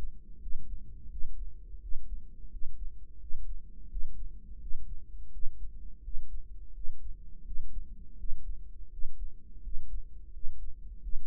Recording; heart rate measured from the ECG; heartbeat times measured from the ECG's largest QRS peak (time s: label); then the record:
heart sounds by microphone in the right ear; 85 bpm
0.42 s: heartbeat
1.11 s: heartbeat
1.82 s: heartbeat
2.52 s: heartbeat
3.21 s: heartbeat
3.91 s: heartbeat
4.61 s: heartbeat
5.33 s: heartbeat
6.04 s: heartbeat
6.75 s: heartbeat
7.46 s: heartbeat
8.19 s: heartbeat
8.92 s: heartbeat
9.64 s: heartbeat
10.34 s: heartbeat
11.03 s: heartbeat
From the record:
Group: healthy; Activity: rest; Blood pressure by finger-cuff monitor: 136/82 mmHg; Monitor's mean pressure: 101 mmHg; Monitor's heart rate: 85 bpm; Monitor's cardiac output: 7.2 L/min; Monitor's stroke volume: 84 mL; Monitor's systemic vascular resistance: 1050 dyn s/cm5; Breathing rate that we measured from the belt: 17 breaths a minute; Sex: male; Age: 21 years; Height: 175 cm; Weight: 72.6 kg